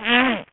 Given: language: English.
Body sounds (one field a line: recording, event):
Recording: throat vibration sensor signal played as sound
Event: throat clearing